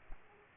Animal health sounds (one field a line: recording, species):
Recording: mosquito wingbeat signal from an infrared sensor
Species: Aedes aegypti